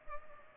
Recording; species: mosquito wingbeat signal from an infrared sensor; Culex pipiens